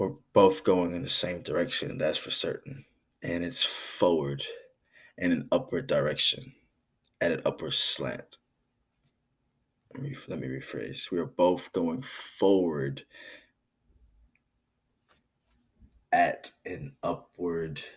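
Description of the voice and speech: Adult male who stutters a lot, speaking with stretched sounds, long pauses, a restart and a broken-off phrase where he cannot get a word out.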